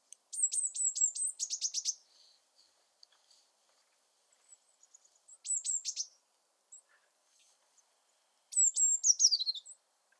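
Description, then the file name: Eurasian blue tit calling in three bursts of high thin notes and rapid runs of repeated notes, the last phrase ending in a falling chatter. "Cyanistes caeruleus"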